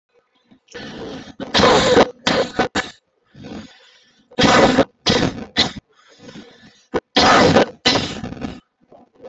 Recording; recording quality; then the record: heavy voluntary cough; moderate, slight background noise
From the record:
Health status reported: respiratory illness, not identified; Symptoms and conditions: asthma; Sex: male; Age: 36 years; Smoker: not ticked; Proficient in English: yes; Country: India